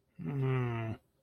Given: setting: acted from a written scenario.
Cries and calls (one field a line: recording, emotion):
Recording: vocal sound without words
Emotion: sympathy